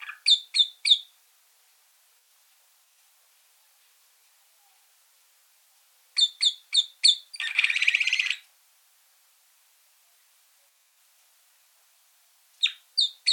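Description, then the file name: Red crossbill delivers rapid strings of four clipped high 'kip' calls, with a harsh, rasping burst after the second string and a long silent gap. Calls and song elements. "Golosa ptic - Klest-elovik Pozyvki i elementy peniya"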